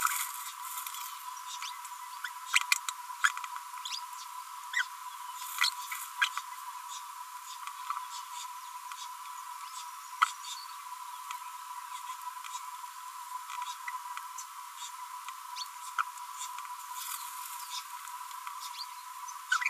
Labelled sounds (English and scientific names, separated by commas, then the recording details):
Green-rumped Parrotlet (Forpus passerinus) babbling
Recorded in a nest box in Venezuela
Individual 18B25A4